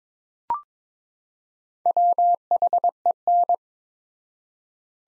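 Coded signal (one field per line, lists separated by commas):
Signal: Morse code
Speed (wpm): 23 wpm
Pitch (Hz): 700 Hz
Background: none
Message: WHEN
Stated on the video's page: Morse practice set of two-word phrases at 22 wpm with 4x word spacing, analogous to Farnsworth spacing, for head-copy training.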